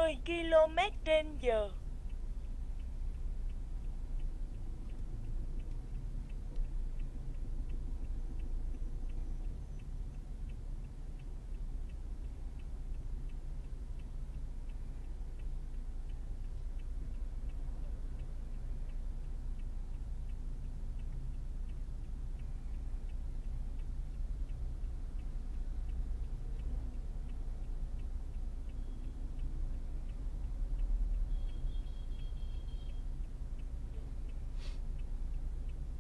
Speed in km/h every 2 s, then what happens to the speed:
14, 13, 13, 15, 16, 9, 4, 0, 0, 0, 0, 0, 0, 0, 0, 0, 0, 0.
0-8 steady at about 14. 8-13 slows to 0. 13-36 standing.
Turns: none.